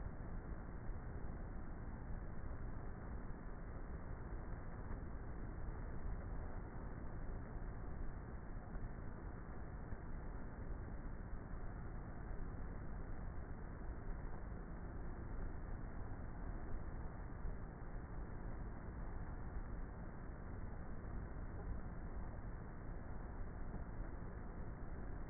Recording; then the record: honeybee colony, microphone inside the hive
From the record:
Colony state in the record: queenless with a low population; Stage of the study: before two queens were removed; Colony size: about 30,000 bees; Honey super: no